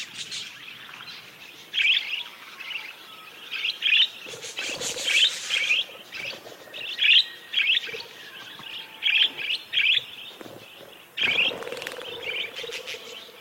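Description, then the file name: Parakeet flock calls: bursts of shrill, chattering chirps coming in clusters every couple of seconds, with brief quieter gaps between. "suara kawanan burung parkit"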